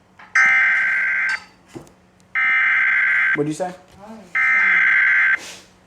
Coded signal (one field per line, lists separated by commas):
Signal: Emergency Alert System (SAME) tones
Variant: header bursts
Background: speech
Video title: FFW on WXJ84, WKVW, WVAF, WQBE, WVSR & WYNL (8/26/23) EAS 2056-2061